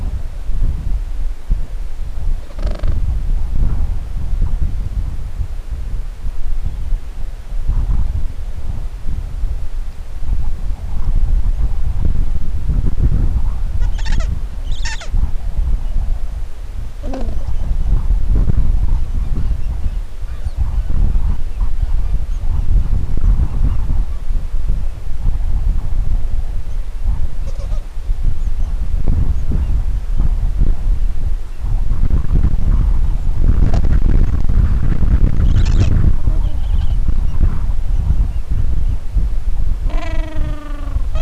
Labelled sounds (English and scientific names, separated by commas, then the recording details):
Gentoo Penguin (Pygoscelis papua)
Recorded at the colony at Stromness, on 23 December 2014
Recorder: Song Meter SM2+